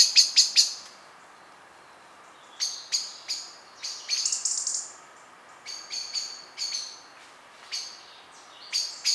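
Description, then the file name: Common blackbird making scattered bursts of sharp metallic chinks, grouped in short clusters separated by brief silences, over a light background hiss. "Turdus merula"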